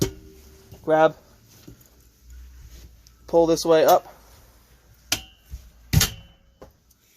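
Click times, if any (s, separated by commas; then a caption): 5.1 s. Someone talks while grabbing the fold-down table top in a Colt by Bullet 171RK RV and pulling it up on its wall-mounted locking bracket. A sharp, click-like knock at 5.1 s marks the table locking into place in its raised position, followed by another loud knock at about 5.9 s.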